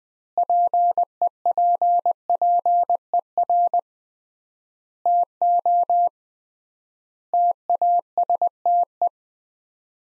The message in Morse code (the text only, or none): PEPPER TO TASTE